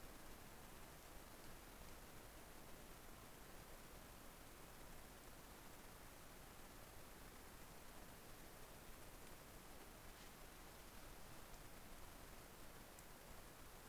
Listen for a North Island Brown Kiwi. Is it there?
no